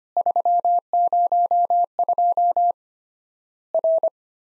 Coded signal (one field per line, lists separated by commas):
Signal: Morse code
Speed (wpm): 25 wpm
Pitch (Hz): 700 Hz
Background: none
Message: 302 R